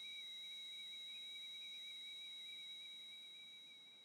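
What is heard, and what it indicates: A simulated tinnitus tone from a device: a steady high-pitched whistle near 2.3 kHz, faint hiss above, fading slightly toward the end. It represents constant tinnitus, which is always there, as opposed to intermittent tinnitus that comes and goes at different times of day.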